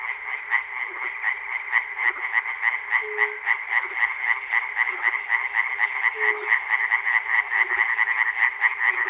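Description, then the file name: Many frogs croaking at once, rapid rhythmic pulses forming a steady buzzing wall of sound, with two brief hums. Recorded at Chernobyl. "peter cusack-chernobyl frogs"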